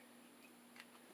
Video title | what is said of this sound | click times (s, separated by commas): Junk Journal VS Bullet Journal VS Altered Bbok | always close this up make sure you hear that click so that it doesn't dry it out | 0.8 s